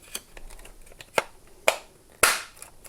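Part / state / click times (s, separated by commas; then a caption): plastic drawer front onto washing machine detergent dispenser drawer / seated / 1.7 s, 2.2 s. A new plastic drawer front is pressed onto the detergent dispenser drawer of a Kenwood washing machine, with a few small clicks and rustles before two sharp clicks at 1.7 s and 2.2 s. The drawer front is seated in place.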